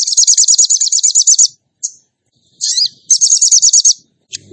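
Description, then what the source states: Bird song in fast, high, buzzy trills, a short burst, then upswept notes leading into another rapid trill. Masteran training recording for birds, featuring song in the gacor tembakan style.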